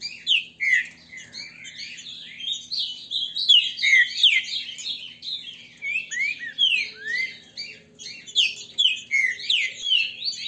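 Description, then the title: Green-winged saltator in continuous song, crowded warbles and down-slurred whistles tumbling together with short gaps; a low steady hum runs underneath. Male singing in a territorial, macho manner ('macheando'). "Canto De Trinca Ferro. TRINCA FERRO cantando e macheando"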